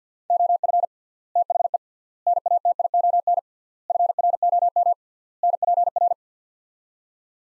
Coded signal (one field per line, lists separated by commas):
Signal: Morse code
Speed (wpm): 50 wpm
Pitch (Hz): 700 Hz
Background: none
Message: OF THE NATION FROM NPR